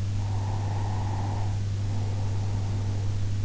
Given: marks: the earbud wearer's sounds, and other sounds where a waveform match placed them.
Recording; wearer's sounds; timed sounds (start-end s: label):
sounds in sleep by an in-ear microphone; breath
0.35-3.35 s: breath